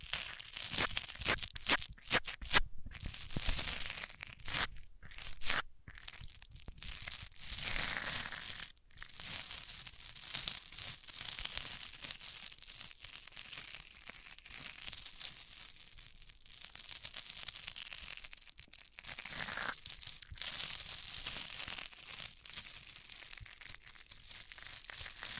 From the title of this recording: Rubbing Mics On Different Surfaces